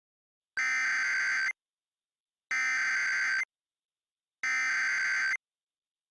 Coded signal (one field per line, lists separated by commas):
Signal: Emergency Alert System (SAME) tones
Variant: header bursts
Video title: EAS Scenario: The Pumpkin Patch Plague